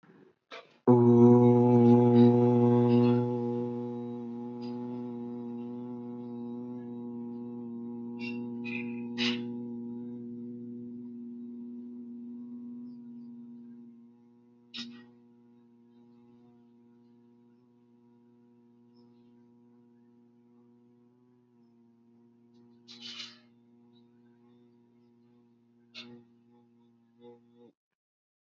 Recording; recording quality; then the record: sustained vowel as in boot; moderate, slight background noise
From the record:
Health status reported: healthy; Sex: male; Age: 32 years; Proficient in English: yes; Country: India